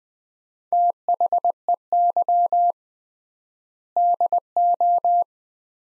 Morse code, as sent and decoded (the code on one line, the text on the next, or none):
- .... . -.-- / -.. ---
THEY DO